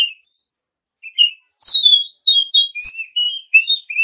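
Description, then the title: Oriental magpie-robin song, a varied run of clear whistled and slurred notes, rising and falling, after a short pause at the start. Champion-class songbird. "Kicau Burung Kacer Juara"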